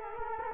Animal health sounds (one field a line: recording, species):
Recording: mosquito wingbeat signal from an infrared sensor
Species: Culex quinquefasciatus